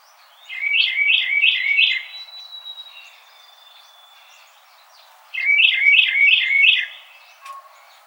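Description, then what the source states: Carolina Wren song: loud rolling phrases of repeated two-note syllables, about four per burst, given twice about five seconds apart, with a thin steady whistle and faint chips between. Recorded on 4 January 2007.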